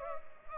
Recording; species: mosquito wingbeat signal from an infrared sensor; Culex pipiens